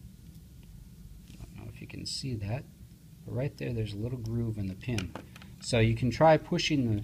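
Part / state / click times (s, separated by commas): tamper spring onto groove of sensor pin / not seated / none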